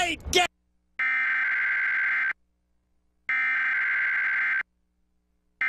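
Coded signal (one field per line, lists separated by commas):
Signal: Emergency Alert System (SAME) tones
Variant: header bursts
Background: speech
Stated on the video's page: EAS alert aired on TV station WNYW during a rerun, then switched to WOR AM audio after dead air.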